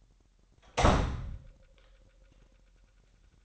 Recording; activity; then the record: daily activity, microphone in the room; close door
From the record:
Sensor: 3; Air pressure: 998.3 hPa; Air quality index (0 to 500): 142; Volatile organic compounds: 5 ppm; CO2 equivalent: 1706 ppm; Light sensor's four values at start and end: 16/45/18/17 and 16/45/18/17